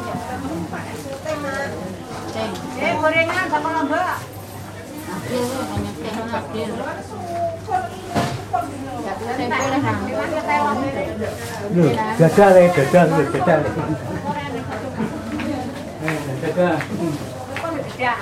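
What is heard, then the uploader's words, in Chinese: A village morning near a market, full of overlapping voices as several people talk. The chatter stays dense and lively throughout, swelling around the middle, with a steady low hum underneath and occasional sharp knocks. 印尼東爪哇-博約內哥羅區的鄉村早晨 Urban Soundscapes - East Java, a morning in Bojonegoro village recorded by Nigel Brown。這是一個村落的早晨，穿過市集，圍繞著一所學校周邊，日常的聲景，向我們層層舖展開來。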